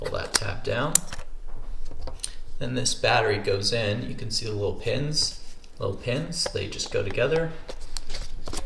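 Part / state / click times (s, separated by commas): battery pack into camera body battery compartment / not seated / none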